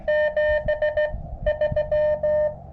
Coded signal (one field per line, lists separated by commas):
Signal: Morse code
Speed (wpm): 17 wpm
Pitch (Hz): 600 Hz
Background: none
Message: 7 3